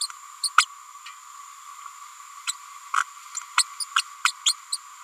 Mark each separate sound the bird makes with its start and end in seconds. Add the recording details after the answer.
0.01-0.07, 0.43-0.49, 0.57-0.65, 2.47-2.52, 2.94-3.03, 3.57-3.64, 3.79-3.84, 3.96-4.02, 4.24-4.31, 4.45-4.53, 4.72-4.78. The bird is a female. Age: 30 days. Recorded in a nest box in Venezuela. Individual 17B102A6